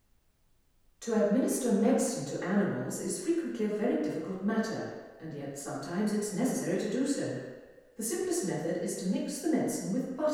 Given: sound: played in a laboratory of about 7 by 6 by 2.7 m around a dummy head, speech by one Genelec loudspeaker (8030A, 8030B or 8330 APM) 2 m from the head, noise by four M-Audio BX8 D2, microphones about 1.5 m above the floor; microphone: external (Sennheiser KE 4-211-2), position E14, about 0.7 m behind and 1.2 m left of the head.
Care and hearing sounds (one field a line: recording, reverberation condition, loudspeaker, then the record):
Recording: female speech in English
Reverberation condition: high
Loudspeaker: in front (0 degrees)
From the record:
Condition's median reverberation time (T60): about 1300 ms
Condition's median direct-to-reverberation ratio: about -4.0 dB